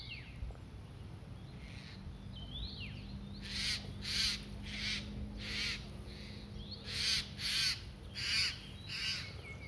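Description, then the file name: Eurasian jay giving several harsh, rasping screeches in bursts, with thin downslurred whistles behind. "Garrulus glandarius"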